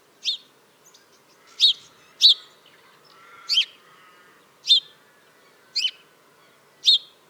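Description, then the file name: House sparrow chirps, short bright notes repeated irregularly about every second, seven calls over a low steady background hum. "Passer domesticus"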